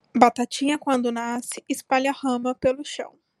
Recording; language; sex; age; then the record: short text; Brazilian Portuguese; female; 20 to 29 years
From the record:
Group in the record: control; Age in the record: 28 years